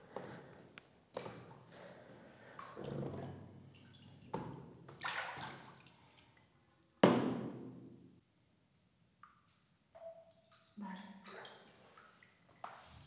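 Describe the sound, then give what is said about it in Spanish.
Someone drinks water: sloshing and pouring noises, a sharp clunk around the middle, then a few quieter gulps and soft tonal swallows near the end. No one speaks. “Voy a beber un poco de agua.”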